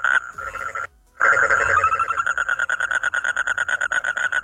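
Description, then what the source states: Frog calling: a steady tonal note, a brief silence, then a rapid pulsed trill of evenly spaced notes continuing to the end. Played back as a sound in a listening quiz.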